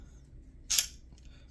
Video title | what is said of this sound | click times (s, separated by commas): PLIERS... PLIERS... AND MORE PLIERS... | push slide it back forth and it grips bites locks in you heard it click | 0.8 s